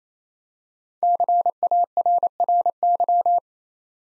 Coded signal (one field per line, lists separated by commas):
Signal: Morse code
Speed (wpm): 27 wpm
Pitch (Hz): 700 Hz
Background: none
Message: CARRY